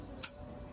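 A folding lockback knife's blade is worked until the metal spring-bar lock engages. A single sharp, bright metallic click sounds at 0.2 seconds against a quiet background, and the blade locks into place.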